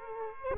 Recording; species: mosquito wingbeat signal from an infrared sensor; Culex quinquefasciatus